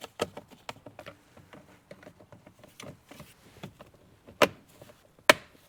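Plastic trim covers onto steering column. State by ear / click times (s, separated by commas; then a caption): seated / 4.4 s, 5.3 s. Plastic trim covers are fitted onto the steering column of a 2005-2012 Toyota Avalon, with light handling taps and rustles before two sharp snaps at 4.4 s and 5.3 s. The second snap is the loudest, and the covers are seated in place.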